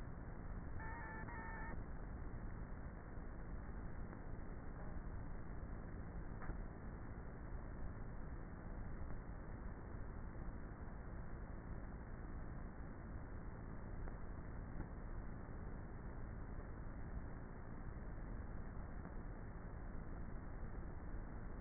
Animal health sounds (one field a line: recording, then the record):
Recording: honeybee colony, microphone inside the hive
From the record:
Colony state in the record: queenless with a low population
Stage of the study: before two queens were removed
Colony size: about 30,000 bees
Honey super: no